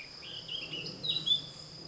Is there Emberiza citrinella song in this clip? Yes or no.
no